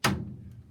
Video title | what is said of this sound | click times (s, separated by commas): April air humidifier maintenance | and then drive the pad home you'll hear a click | 0.1 s